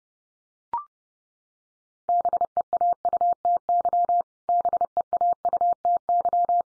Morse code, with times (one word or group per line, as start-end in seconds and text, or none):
2.1-4.2 BEAUTY
4.5-6.6 BEAUTY